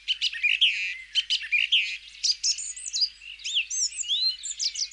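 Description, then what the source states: Song thrush singing a lively series of varied notes, clipped chirps followed by rising and falling whistled slurs, delivered in quick succession. Urban song in the city of Bilbao; the thrush lives in the city.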